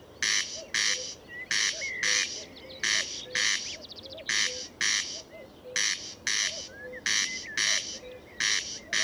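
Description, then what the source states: Corn crake giving dry, rasping paired calls, steady rhythm of two harsh bursts then a short pause, over quiet background bird chirps and whistles. Murnauer Moos, Germany, 29 May 2014.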